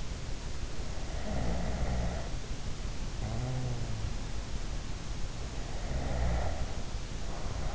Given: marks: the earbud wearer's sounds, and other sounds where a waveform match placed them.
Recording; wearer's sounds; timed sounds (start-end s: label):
sounds in sleep by an in-ear microphone; snoring breath
1.24-4.08 s: snoring breath
5.83-7.75 s: snoring breath